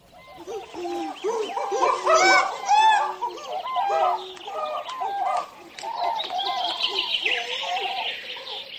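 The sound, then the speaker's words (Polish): Monkeys calling at a zoo: a busy chorus of overlapping hoots, squeals and chattering cries, loud and steady throughout, with shriller, hissing calls rising toward the end. “Małpa w zoo.”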